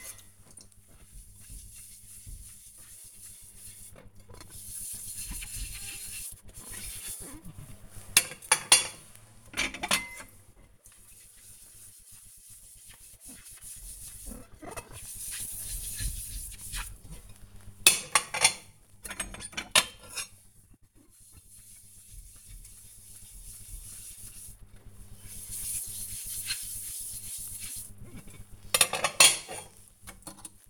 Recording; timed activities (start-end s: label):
household activities, microphone on the right wrist
0.00-30.70 s: washing dishes